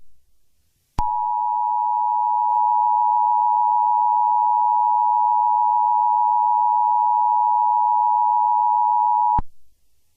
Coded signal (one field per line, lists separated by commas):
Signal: Emergency Alert System (SAME) tones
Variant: 853 and 960 Hz attention tone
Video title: EAS Scenario - Wah Wah Springs